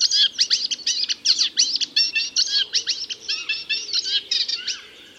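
Reed warbler song: a quick, jerky series of harsh, chirping phrases, fading out near the end.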